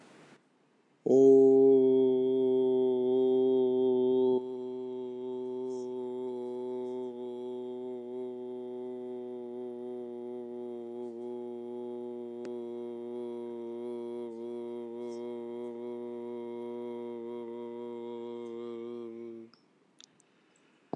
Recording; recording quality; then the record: sustained vowel as in boot; excellent, no background noise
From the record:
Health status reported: healthy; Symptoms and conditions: diabetes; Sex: male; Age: 49 years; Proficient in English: yes